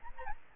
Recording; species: mosquito wingbeat signal from an infrared sensor; Aedes albopictus